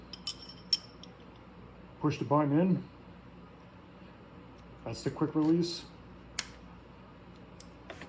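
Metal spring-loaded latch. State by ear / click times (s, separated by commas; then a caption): seated / 6.4 s. Someone talks while a metal Spyder hole saw is fitted onto its spring-loaded quick-release arbor, the button pushed in and then let go, with light metallic ticks early on. At 6.4 s a sharp click sounds as the hole saw snaps into place and is seated.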